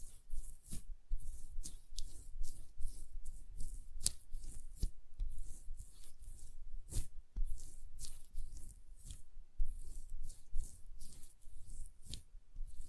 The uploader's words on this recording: ASMR Hand Sounds, Nail Tapping and Lotion Sounds (No Talking).